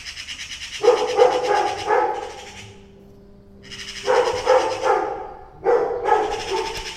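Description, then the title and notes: Dog giving quick barks in three bursts, with a steady faint tone in the quiet middle section. Dog showing concern. "2 cats, 2 magpies and a dog. Two cats meowing each other and two magpies and a dog concern about them"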